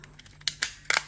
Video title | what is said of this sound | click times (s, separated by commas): 液晶投影机除尘维护，详细教程及注意事项（一） | 好就这样扣上去以后我们把电池再装上来 | 0.5 s, 0.6 s